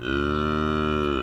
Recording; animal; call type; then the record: contact call of a hoofed animal; cattle; low-frequency (closed-mouth) or high-frequency (open-mouth) call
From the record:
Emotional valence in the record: negative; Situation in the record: full separation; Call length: 1.23 s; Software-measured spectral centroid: 1510 Hz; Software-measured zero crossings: 1570 a second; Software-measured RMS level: -24 dBFS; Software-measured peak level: -12 dBFS